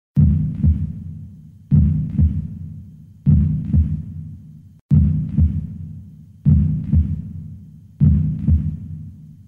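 A heartbeat sound effect used as a ringtone: slow, regular, deep low-pitched thumps at about 39 per minute. Each beat is a paired lub-dub with a sharp onset and a fading, booming tail.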